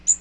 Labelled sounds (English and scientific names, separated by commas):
Magnolia Warbler (Setophaga magnolia) flight call